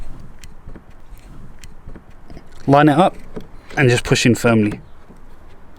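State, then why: Not seated. A replacement puddle light lamp unit for a 2020–2022 Audi A3 is picked up and lined up with the opening in the car door trim housing, with a finger supporting its cable, before being pushed in. Faint, short handling taps sound during the first 2.3 seconds, then someone talks. Nothing has seated or clicked yet.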